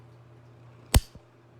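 After the pump is told to start, a wearable insulin pod's spring-loaded inserter drives its plastic cannula into a child's arm with one loud, sharp click at 0.9 s, followed by a faint tick near 1.2 s over a low steady hum. The cannula is seated in the arm and the pod is ready to deliver insulin.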